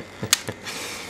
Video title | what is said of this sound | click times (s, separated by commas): MM 8-14-11: Tools are conspiring to ruin me. Ruin me, I tell ya! | to be snapping into place | 0.3 s